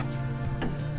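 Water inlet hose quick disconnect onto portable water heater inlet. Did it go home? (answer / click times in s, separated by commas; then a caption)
no / none. The blue water inlet hose's quick-disconnect coupling, with the pump on the other end of the hose, is handled as it is pushed toward the inlet fitting of a portable water heater. A steady low hum runs throughout, with soft handling noise and a brief broadband rustle around 0.6 s. Nothing has seated or clicked yet.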